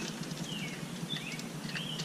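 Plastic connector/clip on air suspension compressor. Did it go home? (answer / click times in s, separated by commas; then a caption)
no / none. A plastic connector or clip is being handled while it is pushed toward place on a replacement air suspension compressor being installed on a 2007-2014 Escalade, Tahoe, Yukon or Suburban. Only a steady wash of background noise with a low hum and a few faint high whistling chirps is heard, with no sharp sounds. Nothing has seated or clicked yet.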